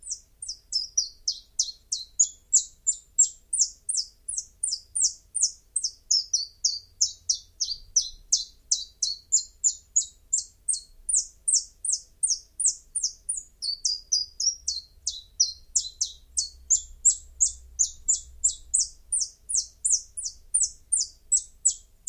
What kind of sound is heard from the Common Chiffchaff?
song